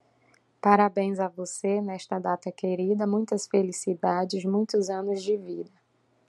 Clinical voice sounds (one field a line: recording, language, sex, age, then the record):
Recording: short text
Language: Brazilian Portuguese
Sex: female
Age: 30 to 39 years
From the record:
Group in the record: control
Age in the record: 39 years